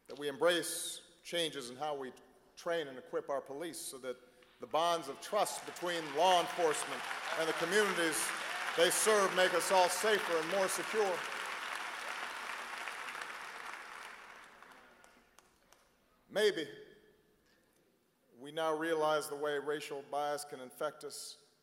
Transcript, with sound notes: that we embrace changes in how we train and equip our police so that the bonds of trust between law enforcement and the communities they serve make us all safer and more secure. (Applause.) Maybe we now realize the way racial bias can infect us